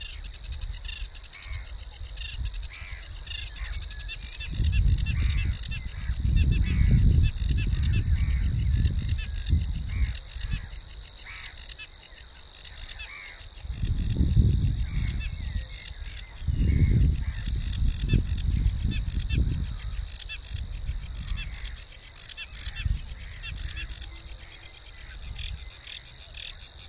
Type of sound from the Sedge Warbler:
song